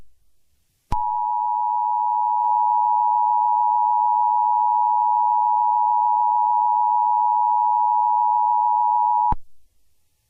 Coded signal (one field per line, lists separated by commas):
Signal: Emergency Alert System (SAME) tones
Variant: 853 and 960 Hz attention tone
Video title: EAS Scenario: Entity [SIERRA_CODE_0] Alert